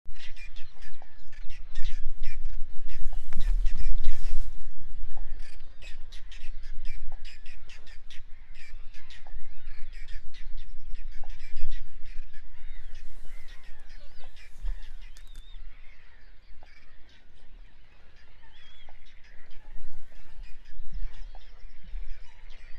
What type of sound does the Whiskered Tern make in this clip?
flight call